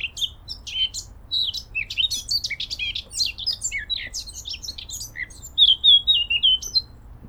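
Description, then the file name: Eurasian blackcap song: a fast, scratchy warble of varied high twittering notes, ending in a clearer, louder whistled phrase. "Sylvia atricapilla"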